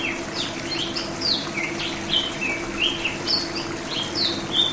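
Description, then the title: Oriental magpie-robin singing scattered clear whistles and short downslurred notes with brief pauses between them, over a constant low hum. "Kicau Kacer"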